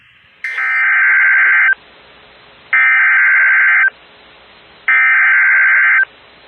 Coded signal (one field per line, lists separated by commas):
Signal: Emergency Alert System (SAME) tones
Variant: header bursts